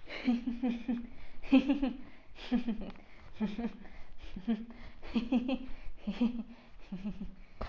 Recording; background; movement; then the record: laughter; quiet; walking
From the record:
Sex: female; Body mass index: 22.6 kg/m2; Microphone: on the chest, facing outward